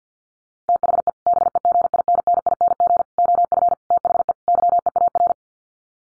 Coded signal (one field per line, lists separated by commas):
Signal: Morse code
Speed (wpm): 50 wpm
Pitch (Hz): 700 Hz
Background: none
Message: THE BEGINNING OF THE YEAR